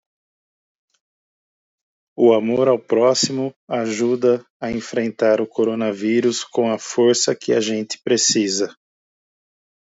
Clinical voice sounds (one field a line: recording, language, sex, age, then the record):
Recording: spoken sentence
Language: Brazilian Portuguese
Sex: male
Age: 50 to 59 years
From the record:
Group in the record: control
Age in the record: 56 years